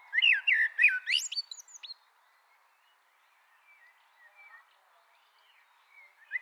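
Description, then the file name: Common blackbird song: a rich warbled phrase ending in high squeaky twittering, followed by quiet, with faint notes near the end. "Turdus merula"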